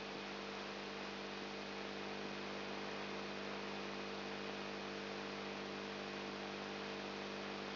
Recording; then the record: brain microelectrode recording played as sound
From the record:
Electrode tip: outside the subthalamic nucleus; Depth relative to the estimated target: 4 mm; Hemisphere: left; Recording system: AlphaMap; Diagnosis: Parkinson's disease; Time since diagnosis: 14 years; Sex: male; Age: 59 years